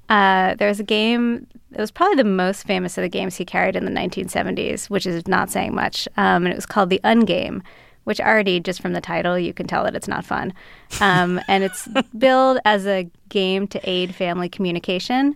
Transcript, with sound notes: There's a game that was probably the most famous of the games he carried in the 1970s, which is not saying much, and it was called the Ungame, which already, just from the title, you can tell that it's not fun. (LAUGHTER) And it's billed as a game to aid family communication.